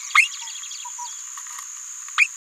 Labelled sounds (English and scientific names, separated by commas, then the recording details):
Green-rumped Parrotlet (Forpus passerinus) babbling
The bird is a female
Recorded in a nest box in Venezuela
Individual 17B73B3